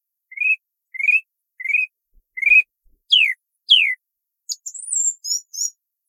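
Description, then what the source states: Song thrush song: clear rising whistled phrase repeated four times, then a sharply falling note given twice, ending with high thin squeaky notes; no other sounds. Recorded in 2018.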